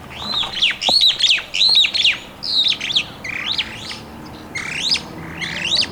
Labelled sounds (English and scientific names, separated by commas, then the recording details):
Superb Starling (Lamprotornis superbus) flight call
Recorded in Kenya